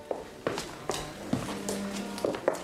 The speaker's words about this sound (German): Lassen Sie uns ein paar Schritte gehen, Herr Leutnant.